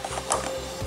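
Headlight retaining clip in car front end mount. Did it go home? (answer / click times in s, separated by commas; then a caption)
released / 0.3 s. On a VW Jetta MK5 (A5) / Golf MK5, the headlight is worked out of its front-end mount, and its retaining clip releases with a sharp click at 0.3 s. A steady low hum and faint rattling continue around it as the clip lets the light come loose.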